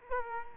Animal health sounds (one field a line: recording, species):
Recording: mosquito wingbeat signal from an infrared sensor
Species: Culex quinquefasciatus